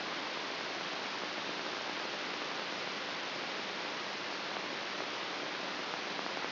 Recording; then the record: brain microelectrode recording played as sound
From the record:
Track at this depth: outside the subthalamic nucleus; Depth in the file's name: 5.617 mm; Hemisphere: left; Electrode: 3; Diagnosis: Parkinson's disease